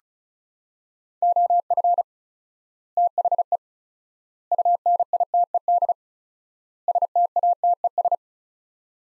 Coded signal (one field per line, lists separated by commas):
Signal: Morse code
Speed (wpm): 36 wpm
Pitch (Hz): 700 Hz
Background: none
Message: OF THE UNITED STATES